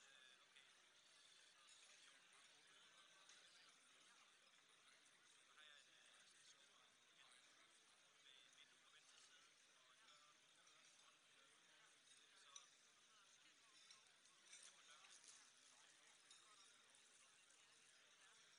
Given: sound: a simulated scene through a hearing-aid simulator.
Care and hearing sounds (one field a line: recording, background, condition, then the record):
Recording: conversation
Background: cafeteria (anchor of the quiet scene)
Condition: -6 dB SNR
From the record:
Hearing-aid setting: anchor resembling a broken hearing aid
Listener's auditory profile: A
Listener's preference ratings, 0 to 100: 0, 1, 0